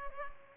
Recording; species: mosquito wingbeat signal from an infrared sensor; Culex pipiens